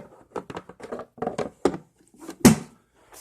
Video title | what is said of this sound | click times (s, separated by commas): 6 lb cordless vacuum 5 amp battery Hercules 1/2 gallon wet/dry Shop Vac Harbor Freight 775 DC motor | Okay, so that just clicks back in there like that. | 1.7 s, 2.5 s